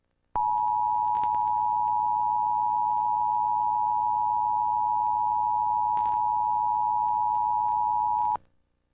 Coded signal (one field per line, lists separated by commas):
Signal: Emergency Alert System (SAME) tones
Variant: 853 and 960 Hz attention tone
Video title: (HD REMAKE) Emergency Alert System SPECIAL MARINE WARNING For San Francisco Bay Area